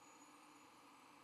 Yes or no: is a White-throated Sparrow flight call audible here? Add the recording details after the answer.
no. No flight call is heard. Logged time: 03:38 on 12 November 2014